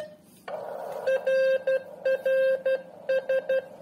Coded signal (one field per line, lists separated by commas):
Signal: Morse code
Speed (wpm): 12 wpm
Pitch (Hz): 530 Hz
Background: none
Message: RRS